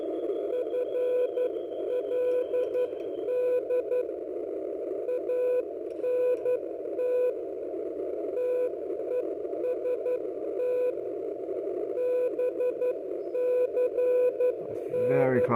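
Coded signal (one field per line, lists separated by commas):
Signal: Morse code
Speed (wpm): 12 wpm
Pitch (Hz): 500 Hz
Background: speech, radio noise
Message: FLD ANT TEST BCN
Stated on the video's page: 40 metre signal used to test the far-field pattern of an experimental small E-field beam antenna.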